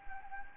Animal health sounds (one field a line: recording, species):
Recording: mosquito wingbeat signal from an infrared sensor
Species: Anopheles gambiae